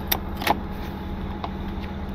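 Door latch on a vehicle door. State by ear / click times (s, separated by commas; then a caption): not seated / none. A door on a vehicle being recovered is swung shut, giving a sharp impact at about 0.1 s, a second knock near 0.5 s and a fainter tap at 1.4 s over a steady low rumble. The door latch fails to catch, so nothing has latched.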